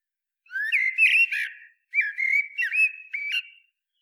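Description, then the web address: Common blackbird singing two mellow whistled phrases in a row, with sliding fluty notes and a short pause between them. "SETE Turdus merula"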